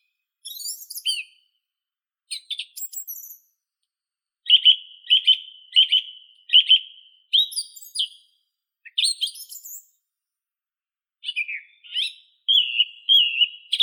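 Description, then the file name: Song thrush song: short, varied phrases of sharp whistled notes, several repeated a few times before the bird switches to a new motif. "Neizvesten - Drozd pevchij Turdus philomelos (Zvyki com)"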